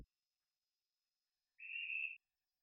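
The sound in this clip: Hourglass treefrog giving a single short, buzzy, high-pitched note lasting about half a second.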